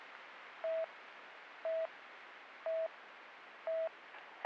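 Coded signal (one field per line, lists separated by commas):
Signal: none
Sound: police radio channel beeps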